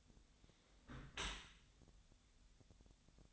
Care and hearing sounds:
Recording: daily activity, microphone in the room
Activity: close dishwasher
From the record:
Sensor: 3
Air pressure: 1006.7 hPa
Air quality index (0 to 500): 207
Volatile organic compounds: 19 ppm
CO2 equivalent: 2649 ppm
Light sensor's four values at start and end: 10/24/10/10 and 10/24/10/10

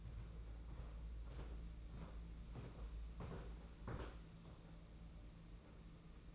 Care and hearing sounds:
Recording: daily activity, microphone in the room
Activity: walk to room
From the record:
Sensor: 1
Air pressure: 992.0 hPa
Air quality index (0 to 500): 217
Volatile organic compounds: 1000 ppm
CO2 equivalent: 8458 ppm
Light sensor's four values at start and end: 22/77/30/30 and 21/73/29/29

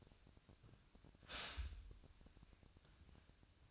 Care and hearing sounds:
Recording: daily activity, microphone in the room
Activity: stop toaster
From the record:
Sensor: 2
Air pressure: 1001.7 hPa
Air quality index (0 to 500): 244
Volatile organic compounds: 36 ppm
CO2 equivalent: 3078 ppm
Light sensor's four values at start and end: 10/31/12/12 and 10/31/12/12

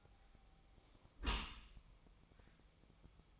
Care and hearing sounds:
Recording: daily activity, microphone in the room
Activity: close dishwasher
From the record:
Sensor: 1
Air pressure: 1004.8 hPa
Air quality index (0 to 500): 104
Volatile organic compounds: 3 ppm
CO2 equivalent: 1433 ppm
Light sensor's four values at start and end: 9/22/8/9 and 9/22/8/9

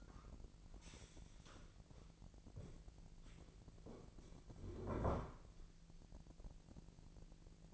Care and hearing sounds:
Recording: daily activity, microphone in the room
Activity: stand up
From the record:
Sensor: 5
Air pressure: 1002.0 hPa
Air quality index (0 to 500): 246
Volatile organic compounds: 30 ppm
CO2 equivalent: 2955 ppm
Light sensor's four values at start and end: 44/104/43/47 and 44/104/43/47

